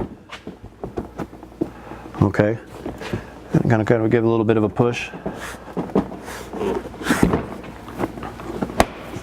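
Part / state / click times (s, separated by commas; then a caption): rear bumper cover into side brackets under taillight / seated / 8.8 s. A rear bumper cover on a 2017 Subaru Forester is lifted into place under the taillights and pushed in onto its plastic side brackets while someone talks. Scattered light knocks and handling sounds come before a sharp snap at 8.8 seconds as the bumper cover clicks into place and seats.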